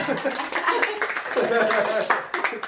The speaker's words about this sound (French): J'applaudis les villageois.